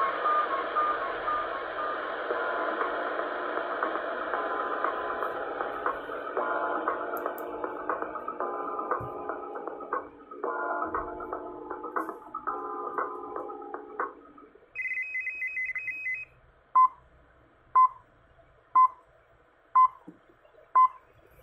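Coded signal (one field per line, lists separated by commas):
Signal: radio time signal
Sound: rough static-laden audio, a short alternating two-tone, then five short 1 kHz pips once per second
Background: radio static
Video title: 10000 kHz ItalCable Time Signal Station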